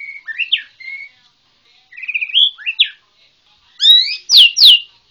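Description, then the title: White-rumped shama sings soft warbled phrases, then loud ringing downslurred whistles, three in quick succession. Borneo. "MURAI BORNEO MAS KIKI"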